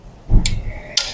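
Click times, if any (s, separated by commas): 0.5 s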